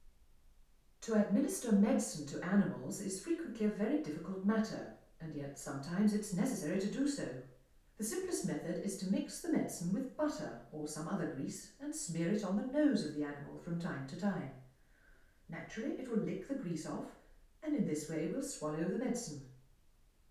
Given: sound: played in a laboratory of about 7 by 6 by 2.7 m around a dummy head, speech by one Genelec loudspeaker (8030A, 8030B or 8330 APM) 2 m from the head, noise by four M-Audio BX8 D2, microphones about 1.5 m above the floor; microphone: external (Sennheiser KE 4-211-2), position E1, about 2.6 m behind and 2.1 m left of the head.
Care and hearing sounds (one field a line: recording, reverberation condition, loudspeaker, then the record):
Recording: female speech in English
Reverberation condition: medium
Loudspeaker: 30 degrees to the left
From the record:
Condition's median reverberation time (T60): about 510 ms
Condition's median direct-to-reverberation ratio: about -0.5 dB